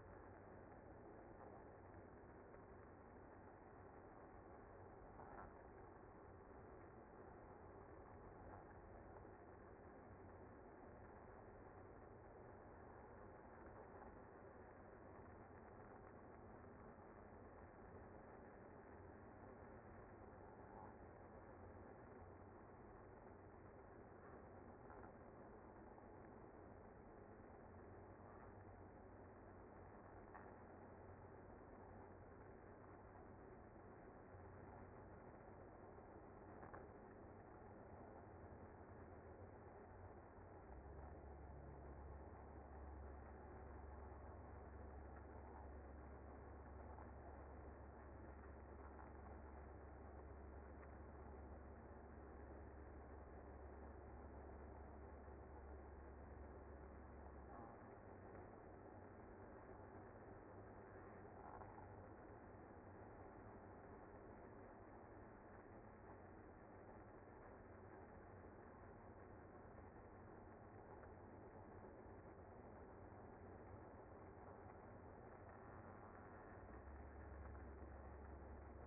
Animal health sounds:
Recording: honeybee colony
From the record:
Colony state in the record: active

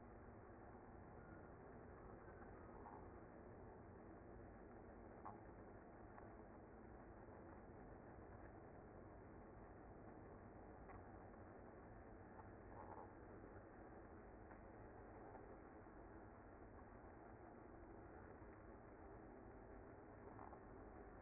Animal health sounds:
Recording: honeybee colony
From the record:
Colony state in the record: active

